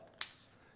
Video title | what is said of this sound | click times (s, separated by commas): Learn more about the J+ Portable EV Charger | you hear the click so that means it's fully waterproof now you can put it into the water like this | 0.2 s